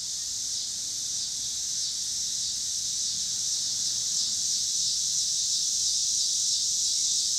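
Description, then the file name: Continuous high cicada buzzing that swells slightly louder toward the end, over a soft low background hum. Cicadas with car noise in Pittsburgh, Pennsylvania, on 26 August 2023. "cicadas and cars Pittsburgh PA"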